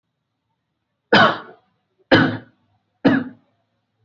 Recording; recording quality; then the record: shallow voluntary cough; excellent, no background noise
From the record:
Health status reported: exposed to COVID-19, no respiratory illness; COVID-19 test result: not tested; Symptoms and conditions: none ticked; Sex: male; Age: 44 years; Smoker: not ticked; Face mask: not worn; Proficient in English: yes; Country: India